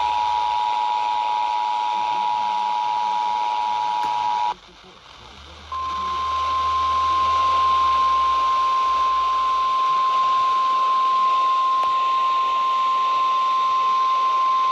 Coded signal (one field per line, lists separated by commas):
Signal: Emergency Alert System (SAME) tones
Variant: 853 and 960 Hz attention tone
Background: speech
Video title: March Madness: Tornado Drill Edition …EAS Tests From March 8-9, 2022